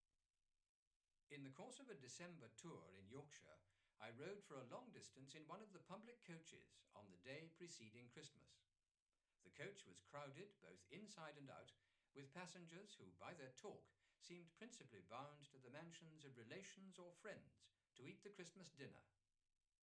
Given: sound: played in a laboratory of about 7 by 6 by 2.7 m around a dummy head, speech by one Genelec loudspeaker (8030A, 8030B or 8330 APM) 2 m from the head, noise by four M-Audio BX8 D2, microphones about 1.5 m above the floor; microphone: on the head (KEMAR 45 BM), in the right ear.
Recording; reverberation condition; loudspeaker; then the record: male speech in English; low; 90 degrees to the right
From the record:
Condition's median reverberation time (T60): about 310 ms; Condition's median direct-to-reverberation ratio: about 3.5 dB